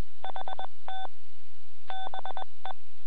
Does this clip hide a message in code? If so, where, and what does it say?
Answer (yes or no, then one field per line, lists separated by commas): yes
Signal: Morse code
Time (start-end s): 0.3-2.7 s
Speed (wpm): 21 wpm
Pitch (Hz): 3500 Hz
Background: none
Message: HT BE